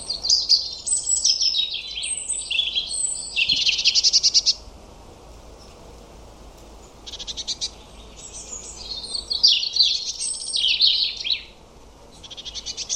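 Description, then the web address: European robin song: high, sweet, fast-changing twittering phrases with liquid trills, sung in several bursts with brief pauses between them. "cianscape birddata Deverinetal 2025 Bird Only Er Ru"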